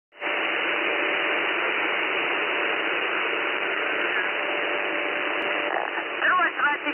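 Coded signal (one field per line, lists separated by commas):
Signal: channel marker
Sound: steady band-limited rushing hiss with a faint low hum, then a voice begins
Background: voice at end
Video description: making use of transmitter noise as a channel marker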